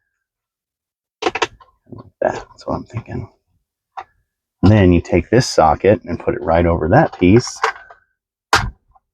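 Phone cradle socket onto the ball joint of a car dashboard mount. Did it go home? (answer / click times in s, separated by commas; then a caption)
yes / 8.5 s. Someone talks while fitting a phone mount in a Tesla Model Y, then presses the plastic socket of the phone cradle over the ball joint on the car dashboard mount. It snaps on with a single sharp click at 8.5 s, and the cradle is seated on the ball joint.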